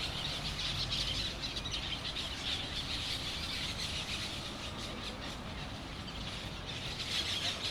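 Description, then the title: Parrots squawking and screeching as a dense, continuous flock chorus of harsh overlapping calls, with a steady low rumble beneath. Parrots in Crespo at sunset. "Loros En Crespo"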